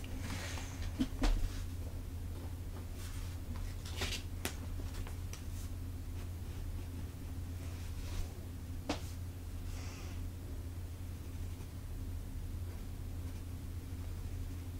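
Sketching sounds: scattered short, bright pencil scratches, clustered near the start and around four and nine seconds, over a constant low hum.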